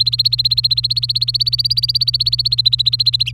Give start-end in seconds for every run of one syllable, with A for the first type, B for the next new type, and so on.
0.00-3.31 A